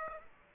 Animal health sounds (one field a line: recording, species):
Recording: mosquito wingbeat signal from an infrared sensor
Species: Aedes aegypti